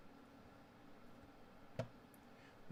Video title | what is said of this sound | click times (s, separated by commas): Philips 148 completion (hopefully!) | backwards until it clicks. | 1.8 s